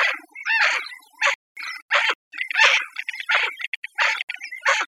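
Bird calls: harsh, raspy chattering bursts repeated in quick succession.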